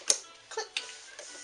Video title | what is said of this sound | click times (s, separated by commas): Video Demonstration of a Morse Fotomatic MZZ | Give it a push. Click. | 0.1 s